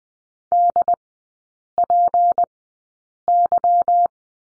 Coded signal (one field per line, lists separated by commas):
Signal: Morse code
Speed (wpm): 20 wpm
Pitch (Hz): 700 Hz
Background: none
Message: DPY